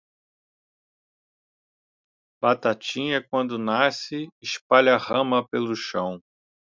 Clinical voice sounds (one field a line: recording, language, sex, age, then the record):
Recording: short text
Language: Brazilian Portuguese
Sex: male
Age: 40 to 49 years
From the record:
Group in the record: control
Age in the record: 49 years